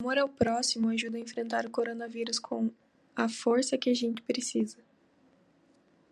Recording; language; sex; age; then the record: spoken sentence; Brazilian Portuguese; female; 20 to 29 years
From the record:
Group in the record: control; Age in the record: 23 years